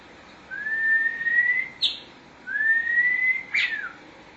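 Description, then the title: Oriental magpie-robin song of two long, smooth, gently rising whistles, each ending in a brief sharp burst of higher notes. "Suara Kicauan Burung Kacer"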